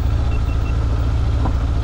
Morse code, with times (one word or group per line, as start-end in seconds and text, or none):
none